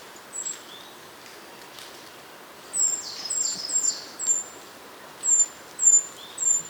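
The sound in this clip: Treecreeper: thin, high-pitched notes with a quick run of downward-sliding phrases midway, then more single piercing notes at intervals.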